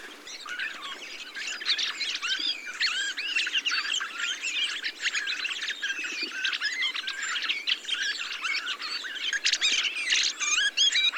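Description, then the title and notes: Thrush flock keeps up continuous chattering, looping squeaks and chirps overlapping throughout without a break. 22 November 2020, Montagne du Puy, Drôme; large mixed flock of mistle thrushes, song thrushes, redwings, fieldfares and some blackbirds feeding on abundant berries under blue sky, jointly watching for sparrowhawk and goshawk; Nagra Seven, Telinga parabola. "POT-POURRI DE GRIVES. 22 novembre 2020-Montagne du Puy - Drôme. Grives draine, musicienne, mauvis et litorne plus quelques merles"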